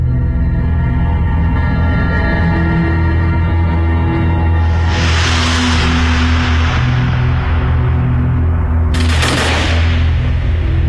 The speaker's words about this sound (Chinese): 枪声响过，数名犹太人倒下，然后是更多的犹太人被驱赶着奔赴死亡。